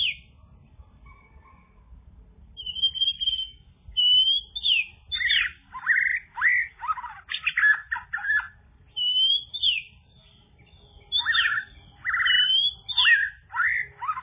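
Bird song of rapid, varied phrases: high whistled slurs, then dense bursts of chirps and trills repeated about every second, over a low background hum.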